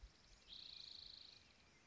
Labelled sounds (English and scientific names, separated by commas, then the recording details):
Spotted Towhee (Pipilo maculatus)
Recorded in Sonoma County, California